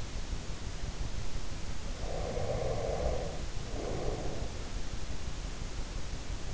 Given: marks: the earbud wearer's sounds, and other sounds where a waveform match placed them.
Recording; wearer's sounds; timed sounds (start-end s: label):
sounds in sleep by an in-ear microphone; breath
1.69-4.62 s: breath